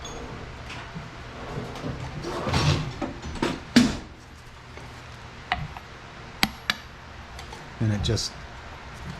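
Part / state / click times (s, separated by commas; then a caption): keyed machined part onto engine shaft / not seated / none. A keyed, precisely machined part is handled and tapped onto the shaft of a 421cc Banshee engine while someone talks. Sharp metallic taps ring out at about 3.8, 5.5, 6.4 and 6.7 seconds over a low background hum. Nothing has seated or clicked yet.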